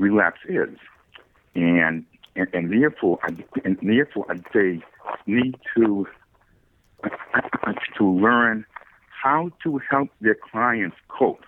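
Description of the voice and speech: A low-pitched voice of a man in his 60s who stutters and has had a lot of speech therapies. He speaks with stretched, nasal-onset vowels and repeats the phrase "and therefore", then stalls in a silent block of nearly two seconds before continuing. These repetitions, prolongations and blocks are typical of stuttering.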